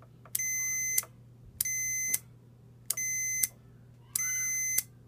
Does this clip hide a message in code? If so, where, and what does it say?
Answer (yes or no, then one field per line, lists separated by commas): no